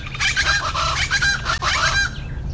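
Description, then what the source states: Plain Chachalaca group calling, grating repeated notes from overlapping birds in a noisy continuous burst over a low hum. Group chorus of two or three birds; species calls often before sunrise in noisy groups of 8 to 12 or more, all joining in, likened to an alarm clock.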